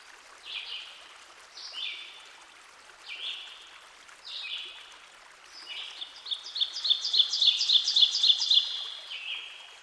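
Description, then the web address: Ovenbird song, a rapid series of repeated two-note phrases building in loudness over about three seconds, after several short sweeping phrases from other songbirds; steady stream hiss underneath. Recorded by a stream. "Dan Gibson Songbirds By The Stream. Ovenbird"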